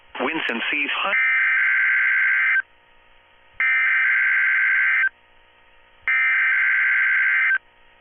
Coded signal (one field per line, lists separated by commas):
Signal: Emergency Alert System (SAME) tones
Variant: header bursts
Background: speech